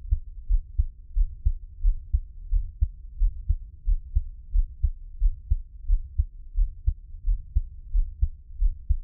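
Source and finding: Heart, close-mic. Normal heartbeat.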